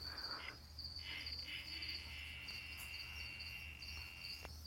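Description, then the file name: Brazilian yellow-backed poison frog giving a steady buzzing trill of about three and a half seconds after a brief opening burst, over a pulsing high insect chirp and a low hum. "Adelphobates galactonotus calling"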